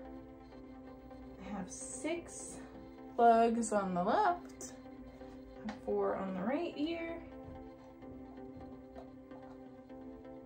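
While replacing a part on a FlexiSpot standing desk, a cable plug is handled near a port on the desk's control box as someone talks over soft background music, with a brief handling sound at 5.7 s. Nothing has seated or clicked into the control box yet.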